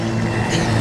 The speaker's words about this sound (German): Ein Auto kommt.